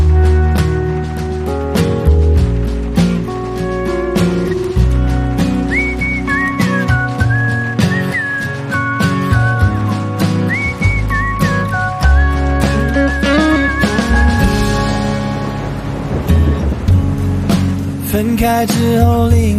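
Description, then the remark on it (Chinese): A bright whistled melody glides and wavers over a full music backing with steady beats, the whistling carrying the tune in long, sliding notes for most of the passage. “哎，人家唱歌你怎么吹口哨呢？”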